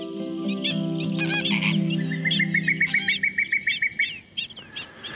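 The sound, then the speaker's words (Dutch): A dense chorus of wetland birds near El Saler, where flamingos, black ibises, avocets and three kinds of white herons gather in very large numbers: deep, goose-like honking drones beneath high chirps and calls, then a quick, even run of sharp repeated notes before the honking fades. “Nabij El Saler laat de dwergarend zich vaak zien en zijn flamingo's, zwarte ibissen, stelkluten en drie soorten witte reigers in zeer grote aantallen aanwezig.”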